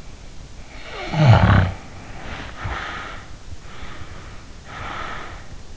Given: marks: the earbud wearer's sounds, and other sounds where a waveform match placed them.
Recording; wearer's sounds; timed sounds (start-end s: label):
sounds in sleep by an in-ear microphone; snoring breath, breath
0.71-3.22 s: snoring breath
3.64-5.49 s: breath